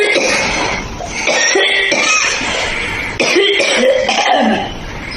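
An adult coughs about four or five times over five seconds. The coughs are loud and irregularly spaced, with a short break near the middle. Each burst has a rough, partly voiced, throaty quality.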